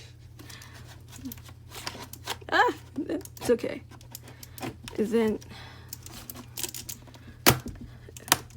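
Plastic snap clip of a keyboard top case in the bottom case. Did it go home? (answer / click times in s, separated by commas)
released / 8.3 s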